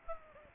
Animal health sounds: mosquito wingbeat signal from an infrared sensor; Aedes aegypti

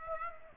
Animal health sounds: mosquito wingbeat signal from an infrared sensor; Aedes aegypti

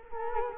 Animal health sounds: mosquito wingbeat signal from an infrared sensor; Culex quinquefasciatus

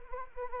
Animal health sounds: mosquito wingbeat signal from an infrared sensor; Anopheles arabiensis

